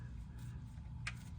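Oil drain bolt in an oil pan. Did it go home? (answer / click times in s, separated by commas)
released / 1.1 s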